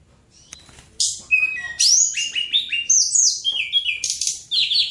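Bird singing a varied run of high whistles, slurred upward notes and buzzy notes after a quiet start, the phrases coming in rapid succession.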